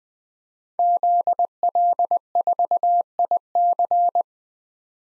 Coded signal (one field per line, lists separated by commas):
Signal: Morse code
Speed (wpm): 20 wpm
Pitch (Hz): 700 Hz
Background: none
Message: ZL4IC